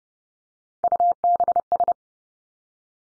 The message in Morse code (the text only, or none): UBS